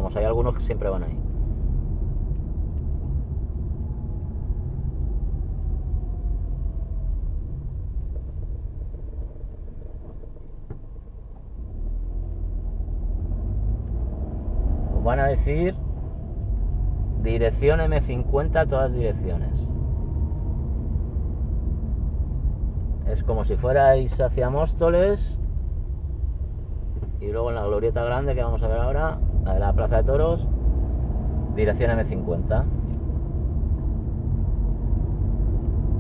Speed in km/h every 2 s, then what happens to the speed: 32, 25, 26, 20, 7, 1, 12, 23, 25, 29, 31, 27, 20, 15, 21, 32, 36, 39.
0-9 slows to 1. 10-20 pulls away to 31. 20-25 slows to 15. 27-36 speeds up to 39.